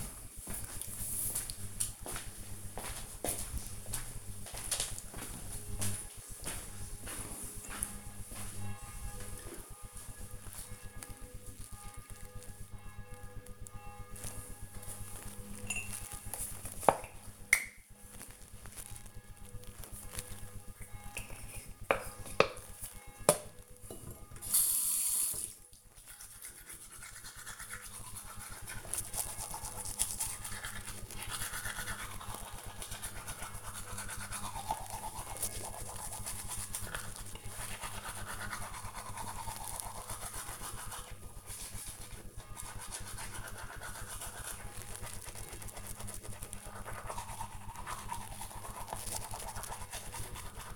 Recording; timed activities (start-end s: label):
household activities, microphone on the right wrist
13.97-50.76 s: brushing teeth